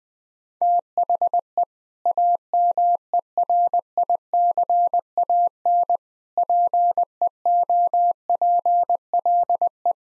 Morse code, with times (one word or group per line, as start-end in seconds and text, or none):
0.6-1.6 THE
2.1-6.0 AMERICAN
6.4-9.9 PEOPLE